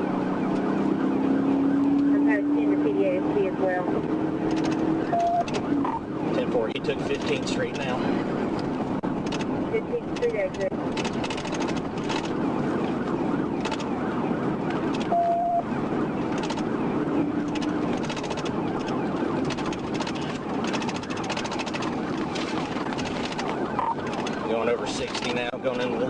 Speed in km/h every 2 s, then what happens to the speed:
129, 134, 142, 145, 150, 147, 135, 134, 135, 129, 109, 95, 93.
0-10 speeds up to 147. 10-22 brakes to 95.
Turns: none.